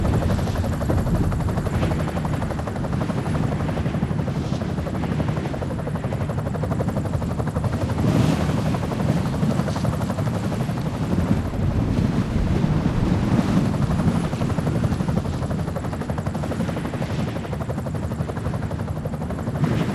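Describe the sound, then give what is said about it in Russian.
An airplane arrives, a loud, steady drone with a rhythmic, chopping rumble filling the whole stretch, holding an even level throughout, with a wind-like hiss on top and no voices. “Прилетел самолет.”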